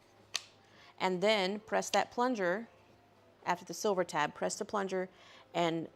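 A new two-part epoxy cartridge is placed back into a dispensing gun and the gun is closed down over it, giving one sharp, short snap at 0.4 s as it seats. Someone then talks for the rest of the clip.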